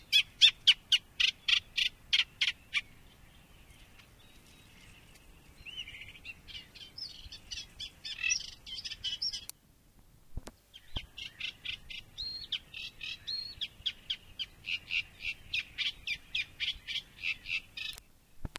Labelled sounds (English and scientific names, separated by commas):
Eurasian Reed Warbler (Acrocephalus scirpaceus) song